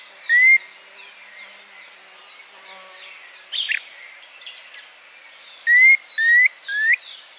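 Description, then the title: Planalto tyrannulet calls: clear, slurred rising whistles given singly and then in a quick run of three, over a steady high hiss. Subspecies Phyllomyias fasciatus brevirostris. "LuckyPassaro Completos2Sama. Planalto Tyrannulet (Phyllomyias fasciatus brevirostris)"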